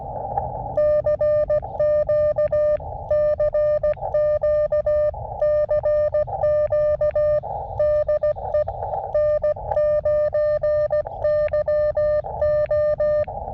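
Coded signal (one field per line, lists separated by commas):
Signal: Morse code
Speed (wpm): 16 wpm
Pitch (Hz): 600 Hz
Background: music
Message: CQ CQ CQ DE N9YO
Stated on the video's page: Morse from an Elecraft KX2 with AX1 antenna, low-power QRP operation.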